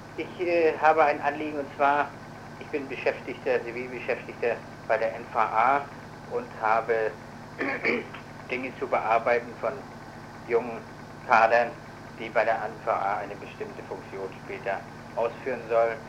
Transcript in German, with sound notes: ich - äh - habe ein Anliegen und zwar ich bin Beschäftigter, Zivilbeschäftigter bei der NVA und habe [räuspert] Dinge zu bearbeiten von jungen Kadern, die bei der NVA eine bestimmte Funktion später ausführen sollen.